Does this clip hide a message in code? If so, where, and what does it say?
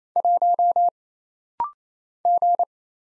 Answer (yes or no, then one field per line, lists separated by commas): yes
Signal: Morse code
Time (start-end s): 0.2-2.6 s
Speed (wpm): 27 wpm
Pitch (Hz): 700 Hz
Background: none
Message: 1 G